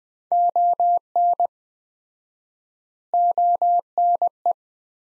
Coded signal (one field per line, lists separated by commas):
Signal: Morse code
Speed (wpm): 20 wpm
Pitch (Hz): 700 Hz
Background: none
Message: ON ONE